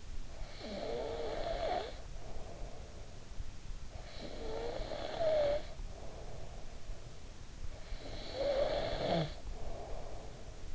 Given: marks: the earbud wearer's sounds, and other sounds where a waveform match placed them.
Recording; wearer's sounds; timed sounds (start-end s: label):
sounds in sleep by an in-ear microphone; snoring breath
0.00-3.51 s: snoring breath
3.70-7.34 s: snoring breath
7.76-10.75 s: snoring breath